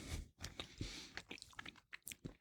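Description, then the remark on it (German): Someone chews a light brown-green, gin-and-tonic flavored gummy candy, with soft, sticky, irregular mouth sounds and small squishes and clicks repeating unevenly for a couple of seconds, with no talking. “Wenn du reinbeißt,”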